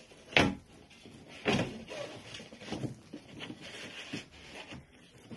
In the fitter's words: Спускаємо його до упора і чуємо, як воно вже стало на місце.